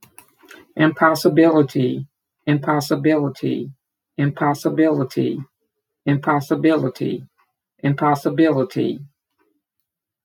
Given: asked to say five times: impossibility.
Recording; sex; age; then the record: repeated word; female; 50 to 59 years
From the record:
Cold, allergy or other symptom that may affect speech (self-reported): no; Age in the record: 57 years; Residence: Mississippi, United States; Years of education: 13